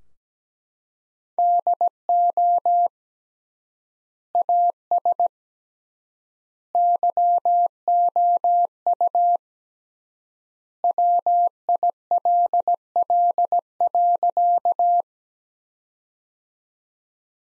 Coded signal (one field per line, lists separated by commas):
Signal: Morse code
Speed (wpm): 17 wpm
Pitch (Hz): 700 Hz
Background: none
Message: DO AS YOU WILL.